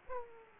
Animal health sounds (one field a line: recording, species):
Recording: mosquito wingbeat signal from an infrared sensor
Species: Aedes aegypti